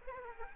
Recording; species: mosquito wingbeat signal from an infrared sensor; Aedes aegypti